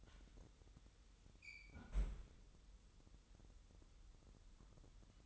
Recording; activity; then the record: daily activity, microphone in the room; close fridge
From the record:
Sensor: 3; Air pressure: 988.4 hPa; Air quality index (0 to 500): 192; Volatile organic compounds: 280 ppm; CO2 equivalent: 4436 ppm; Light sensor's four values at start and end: 24/75/31/27 and 24/75/31/27